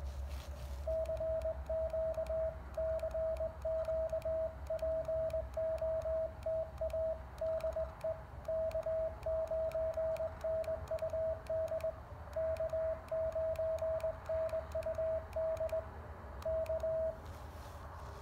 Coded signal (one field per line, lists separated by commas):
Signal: Morse code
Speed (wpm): 20 wpm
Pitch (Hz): 640 Hz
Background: radio noise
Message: CQ CQ POTA DE K9NUD K9NUD K